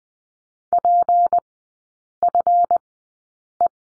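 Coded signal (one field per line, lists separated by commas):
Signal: Morse code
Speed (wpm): 20 wpm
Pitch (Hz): 700 Hz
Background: none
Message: PFE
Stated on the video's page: Morse course lesson on the letter P in three-character groups, at Farnsworth speed 20/10 wpm.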